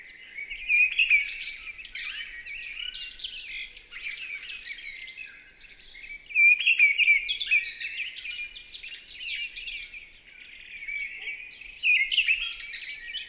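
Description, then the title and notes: Mistle thrush singing loud, fluty phrases in bursts every few seconds, with softer twittering between them and no other clear sounds. Recorded 28 March 2020 at Val Maravel in stereo on a Nagra LB with an MKH40 microphone; exceptional listening with no aircraft overhead; bird singing in full vocal fervour. "UNE DRAINE ENCHANTEE. 28 mars 2020-Val Maravel. Grive draine (Turdus viscivorus) dans toute sa ferveur vocale"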